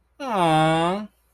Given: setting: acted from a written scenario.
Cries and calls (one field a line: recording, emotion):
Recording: vocal sound without words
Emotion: adoration